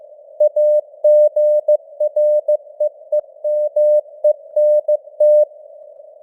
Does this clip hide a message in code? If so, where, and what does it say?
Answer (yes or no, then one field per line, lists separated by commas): yes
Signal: Morse code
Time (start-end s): 0.4-5.4 s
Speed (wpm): 15 wpm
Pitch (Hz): 600 Hz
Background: none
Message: AGREEMENT